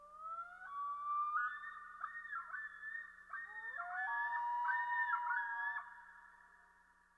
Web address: Dan Gibson Wildlife Identification By Sound, Eastern North America Pt 1. Common Loon